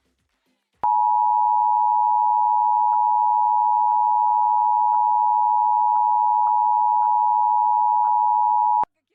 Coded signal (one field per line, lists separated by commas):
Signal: Emergency Alert System (SAME) tones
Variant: 853 and 960 Hz attention tone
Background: speech